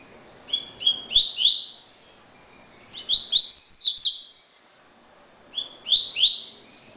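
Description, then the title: Double-collared seedeater singing three bright, rapid phrases of high slurred and chirped notes, each about a second long, separated by short pauses. "Canto Coleiro"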